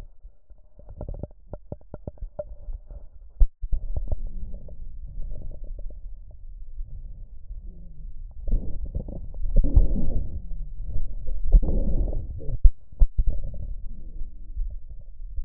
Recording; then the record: lung sounds by stethoscope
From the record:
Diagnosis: emphysema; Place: left posterior upper chest